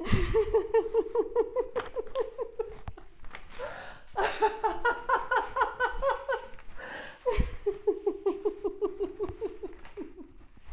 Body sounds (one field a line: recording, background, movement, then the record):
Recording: laughter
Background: quiet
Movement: walking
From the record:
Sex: female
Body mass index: 21.8 kg/m2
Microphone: on the chest, facing outward